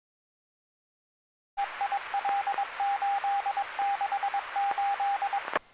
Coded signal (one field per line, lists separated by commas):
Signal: Morse code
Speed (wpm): 22 wpm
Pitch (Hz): 800 Hz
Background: radio noise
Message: EIL868